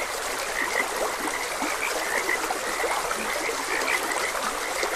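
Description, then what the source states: Frogs giving short, bright, repeated croaks, some in close pairs, above the continuous hiss of flowing water. Frogs croaking beside a gentle stream.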